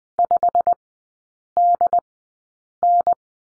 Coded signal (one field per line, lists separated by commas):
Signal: Morse code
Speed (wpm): 20 wpm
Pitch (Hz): 700 Hz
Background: none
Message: 5DN